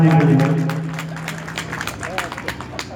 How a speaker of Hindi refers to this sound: जोरदार एक बार ताली हो जाए।